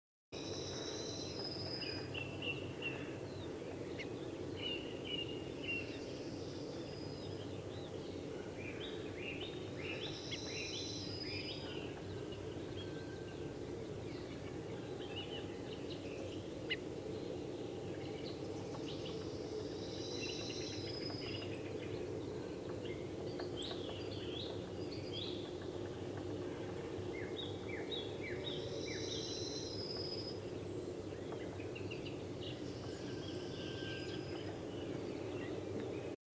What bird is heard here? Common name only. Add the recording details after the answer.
Redwing. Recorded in the wild. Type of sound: call. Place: Gingst, Insel Rügen, Mecklenburg-Vorpommern, DE. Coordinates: 54.456, 13.311. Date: 1978-04-19. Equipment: Nagra III BH, Sennheiser MD 21, parabola. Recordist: Schubert, Michael. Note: Rotdrossel warnt